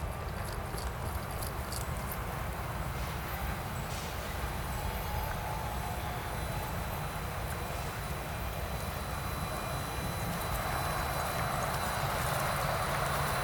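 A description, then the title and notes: A field recording at Takanawa Gateway Station in Tokyo, with a dense, steady rumble and a busy wash of mixed noise throughout. Faint thin high tones run along the top, and a brief mid-pitched whine passes around the middle. Field-recorded at Takanawa Gateway Sta., Tokyo.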